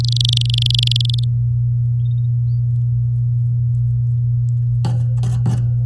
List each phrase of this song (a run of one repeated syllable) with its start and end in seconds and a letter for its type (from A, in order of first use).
0.00-1.24 A